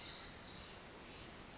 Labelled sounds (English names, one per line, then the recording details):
Pacific Wren
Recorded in Sonoma County, California